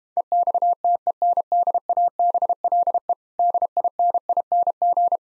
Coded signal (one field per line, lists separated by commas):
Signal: Morse code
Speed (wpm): 31 wpm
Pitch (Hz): 700 Hz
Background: none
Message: EXTENDABLE DINING